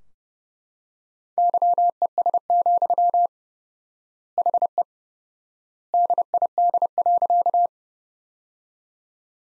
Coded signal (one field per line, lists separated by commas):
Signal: Morse code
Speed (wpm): 30 wpm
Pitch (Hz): 700 Hz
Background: none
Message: YES, HE DID.